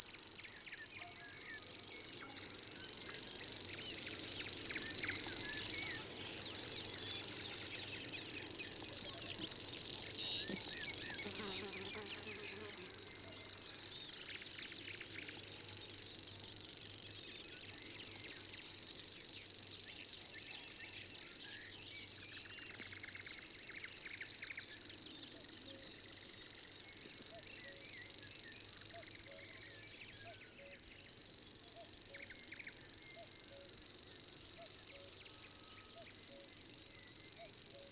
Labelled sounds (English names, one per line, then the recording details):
Common Grasshopper Warbler song
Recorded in the wild
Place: Lewitzrand, Insel Rügen, Mecklenburg-Vorpommern, DE
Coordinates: 53.456, 11.699
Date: 1977-05-22
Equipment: Nagra III BH, Sennheiser MD 21, parabola
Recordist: Schubert, Michael
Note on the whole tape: Gesang Feldschwirl